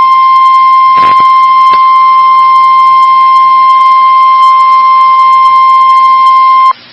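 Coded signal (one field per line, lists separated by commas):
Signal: Emergency Alert System (SAME) tones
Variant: 1050 Hz attention tone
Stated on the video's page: Real Emergency Alert System alerts for an EF5 tornado in Enderlin, North Dakota.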